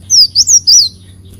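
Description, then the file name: Leafbird song: four quick, high slurred whistles within about one second. "Tieng chim xanh tim"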